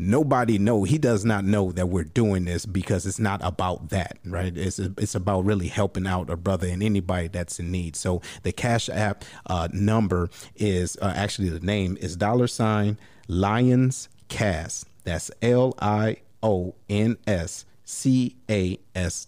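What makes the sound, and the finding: Adult male speaker. Typical speech.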